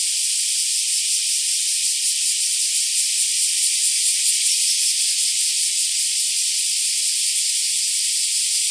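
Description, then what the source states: Black cicadas in a continuous, steady high-pitched buzzing chorus with a faint rapid pulsing texture throughout; no other sounds stand out. Several black cicadas.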